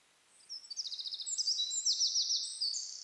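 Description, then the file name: Eurasian wren song, a loud rapid outpouring of high sharp notes and trills, lasting over two seconds after a quiet start. "Troglodytes troglodytes"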